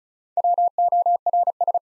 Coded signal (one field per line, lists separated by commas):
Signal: Morse code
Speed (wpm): 36 wpm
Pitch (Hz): 700 Hz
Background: none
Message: WORS